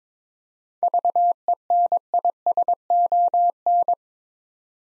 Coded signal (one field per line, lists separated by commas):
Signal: Morse code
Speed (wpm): 22 wpm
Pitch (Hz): 700 Hz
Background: none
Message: VENISON